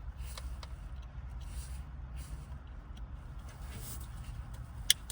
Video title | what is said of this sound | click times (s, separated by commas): Toyota Rav4 2019-2023 13.1inch Android radio upgrade Ainavi | And it clicks into place, you see? | 4.9 s